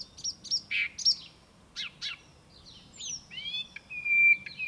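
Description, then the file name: Common nightingale singing sharp clicks and short notes, then long thin whistles that slide downward, with a louder whistled phrase near the end. "Luscinia megarhynchos"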